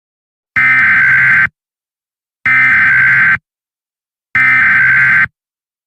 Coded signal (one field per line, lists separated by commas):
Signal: Emergency Alert System (SAME) tones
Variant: header bursts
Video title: EAS Scenario | The Dream World Crisis | Emergency Alert System | NiGHTS Journey of Dreams